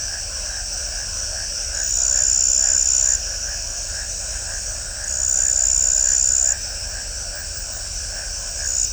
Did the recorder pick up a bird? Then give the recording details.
no. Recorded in shrubland near Pivijay, Magdalena, Colombia, on 2 June 2023 at 23:00. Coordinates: 10.453, -74.365. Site P5-G022